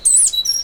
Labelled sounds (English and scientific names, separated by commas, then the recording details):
Stitchbird (Notiomystis cincta) song
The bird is a male
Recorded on Tiritiri Matangi Island, New Zealand, in 2005
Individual 8, of nest box 10